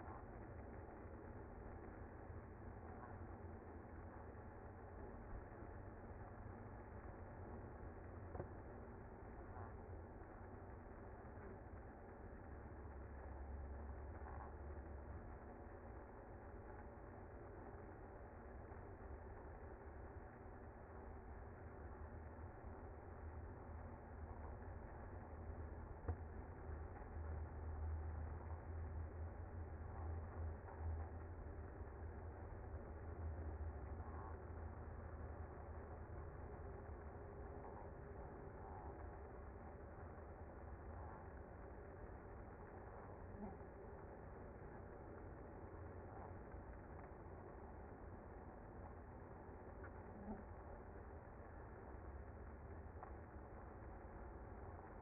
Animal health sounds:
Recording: honeybee colony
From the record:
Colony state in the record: active

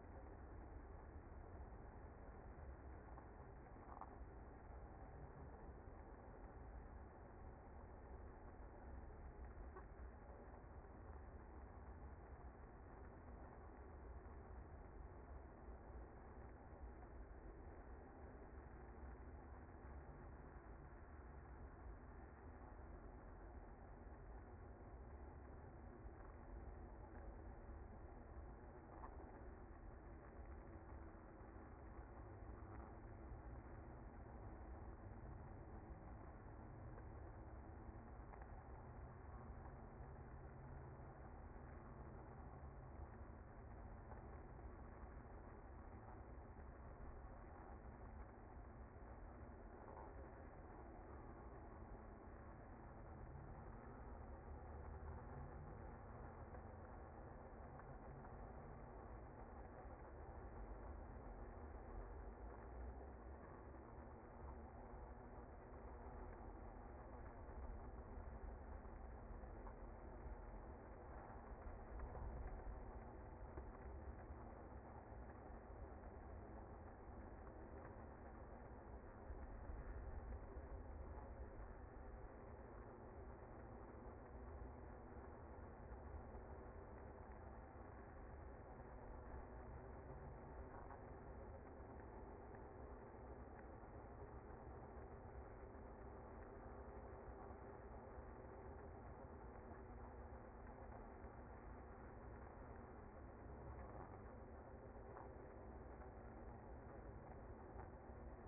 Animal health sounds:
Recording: honeybee colony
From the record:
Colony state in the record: active

